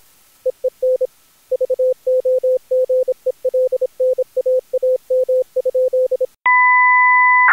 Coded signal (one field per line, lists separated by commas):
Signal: Morse code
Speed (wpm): 27 wpm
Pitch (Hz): 510 Hz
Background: none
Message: EEN VOGELNAAM?